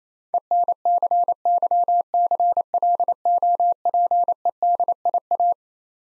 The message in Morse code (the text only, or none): ENCYCLOPEDIA